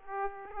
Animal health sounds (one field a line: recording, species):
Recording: mosquito wingbeat signal from an infrared sensor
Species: Aedes aegypti